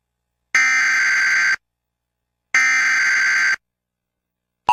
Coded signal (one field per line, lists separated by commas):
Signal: Emergency Alert System (SAME) tones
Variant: header bursts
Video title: Scary Tiktok Compilation 9 (VALID EAS TONES)